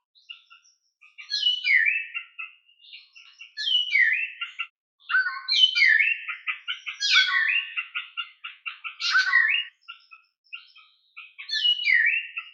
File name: drongo de mayotte